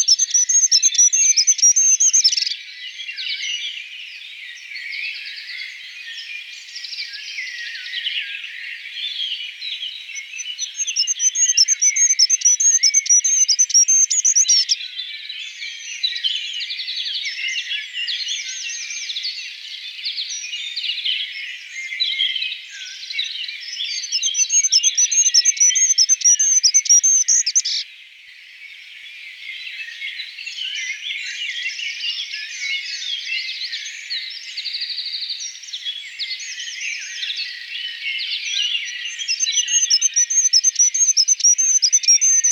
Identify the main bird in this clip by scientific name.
Regulus regulus